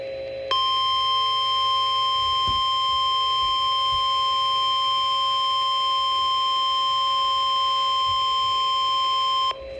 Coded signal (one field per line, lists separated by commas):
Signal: Emergency Alert System (SAME) tones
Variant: 1050 Hz attention tone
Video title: EAS #41-42